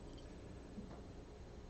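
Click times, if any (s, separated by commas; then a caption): none. A plastic turntable ring half is handled and lined up with its mating ring half just before the two are snapped together. Only quiet, steady handling noise is heard across the 1.7 seconds. Nothing has seated or clicked yet.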